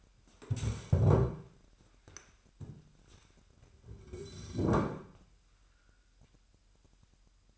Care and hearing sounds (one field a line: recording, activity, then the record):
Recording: daily activity, microphone in the room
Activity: stand up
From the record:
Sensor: 2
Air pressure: 998.4 hPa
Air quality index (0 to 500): 126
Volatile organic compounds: 3 ppm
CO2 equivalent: 1427 ppm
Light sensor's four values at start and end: 6/15/6/7 and 5/13/5/6